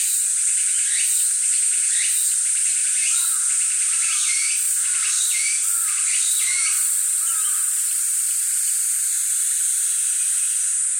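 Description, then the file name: Tsukutsukuboshi cicada singing: a run of short rising notes, roughly one a second, midway through, set against a constant high-pitched buzzing background. Recorded 15 July 2015. "tukutukubousi 150715"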